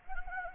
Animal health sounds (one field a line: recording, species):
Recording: mosquito wingbeat signal from an infrared sensor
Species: Anopheles gambiae